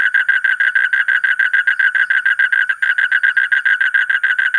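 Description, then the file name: Asian common toad calling in a steady, rapid pulsed trill of about three or four notes a second, with a brief hitch near the middle. "suara kodok bangkong kolong kodok buduk"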